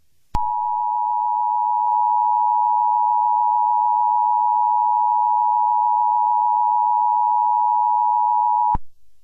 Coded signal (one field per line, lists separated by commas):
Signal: Emergency Alert System (SAME) tones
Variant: 853 and 960 Hz attention tone